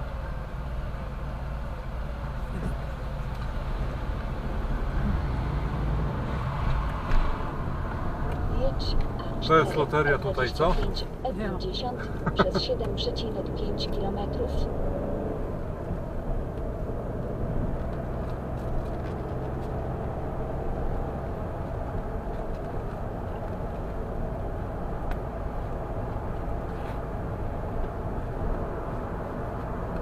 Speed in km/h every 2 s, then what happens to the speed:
0, 0, 14, 26, 34, 42, 54, 64, 68, 72, 74, 74, 76, 77, 77.
0-2 standing. 2-19 pulls away to 74. 19-30 steady at about 76.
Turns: none.